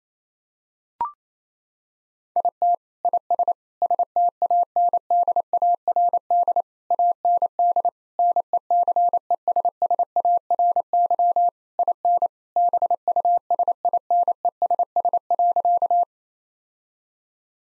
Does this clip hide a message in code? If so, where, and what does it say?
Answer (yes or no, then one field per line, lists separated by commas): yes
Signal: Morse code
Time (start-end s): 2.4-16.0 s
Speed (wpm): 28 wpm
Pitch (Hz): 700 Hz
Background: none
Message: IT IS STANDARD AND NECESSARY IN BUSINESS.